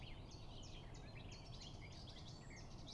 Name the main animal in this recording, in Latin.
Sylvia atricapilla